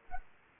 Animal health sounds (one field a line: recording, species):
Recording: mosquito wingbeat signal from an infrared sensor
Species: Anopheles arabiensis